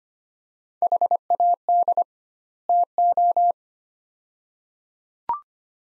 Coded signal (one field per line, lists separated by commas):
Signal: Morse code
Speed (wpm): 25 wpm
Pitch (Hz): 700 Hz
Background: none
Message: HAD TO